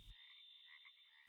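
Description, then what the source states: Pacific treefrogs croaking: a steady pulsing chorus of short rattly notes, with soft music at the edges. Nature recording used as background music.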